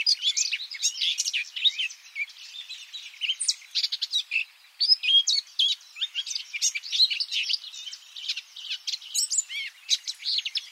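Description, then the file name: Eurasian blackcap song: a dense, busy run of high chirps and warbled notes, continuous with brief gaps. "Sylvia atricapilla"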